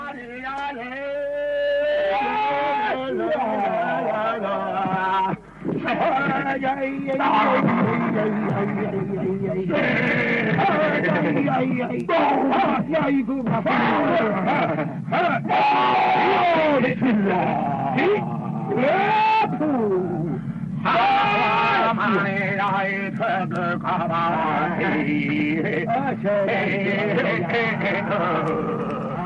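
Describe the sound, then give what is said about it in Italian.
Loud, continuous ritual healing chant (music therapy) with wavering, undulating tones, sudden explosive cries and rapid fluttering trills, several voices overlapping in a dense, unbroken stream of sound. “è un succedersi di varie tecniche vocali che vanno dall'esplosione parossistica all'andamento ondulatorio, a tecniche del frullato della voce, a emissioni con volume di voce diverso e tipo di emissione”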